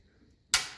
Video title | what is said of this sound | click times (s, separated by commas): 1954 Ferguson 20 TEF Diesel Part 37 | there two clicks there | 0.5 s